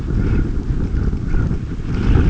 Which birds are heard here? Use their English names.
none